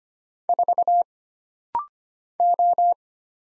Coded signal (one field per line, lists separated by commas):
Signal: Morse code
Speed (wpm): 25 wpm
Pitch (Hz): 700 Hz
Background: none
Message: 4 O